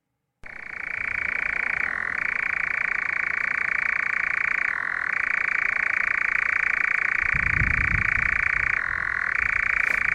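Nightjar churring: a steady, continuous mechanical trill held at one pitch, briefly dipping lower three times, with a soft low rumble near the end.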